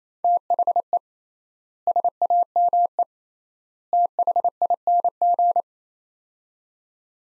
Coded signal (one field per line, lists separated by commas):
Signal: Morse code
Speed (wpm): 28 wpm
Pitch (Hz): 700 Hz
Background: none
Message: THE SAME THING